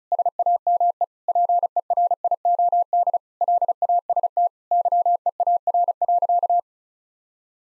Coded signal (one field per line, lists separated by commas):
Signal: Morse code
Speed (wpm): 36 wpm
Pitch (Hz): 700 Hz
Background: none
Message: SAME PERIOD LAST YEAR.